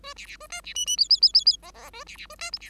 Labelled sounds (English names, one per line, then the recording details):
Bengalese Finch song
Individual Bird5